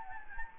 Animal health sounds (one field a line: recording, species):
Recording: mosquito wingbeat signal from an infrared sensor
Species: Anopheles gambiae